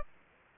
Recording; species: mosquito wingbeat signal from an infrared sensor; Aedes aegypti